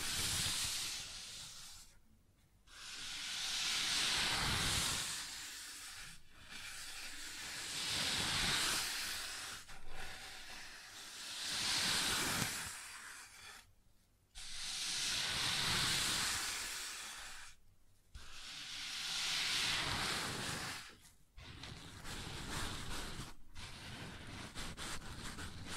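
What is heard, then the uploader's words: Sounds on a wooden surface: long, hissing rubbing or scraping strokes, each lasting a few seconds and swelling then fading. Short silent gaps split them roughly every three to four seconds, and the final strokes turn choppier and slightly quieter. ASMR Sounds on Wooden Surface (No Talking).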